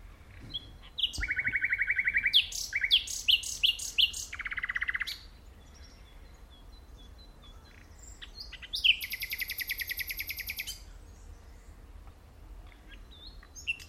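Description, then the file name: Common nightingale song, repeated rapid trills and chirps, including a long high rattling trill, with quiet stretches between phrases. "Luscinia megarhynchos"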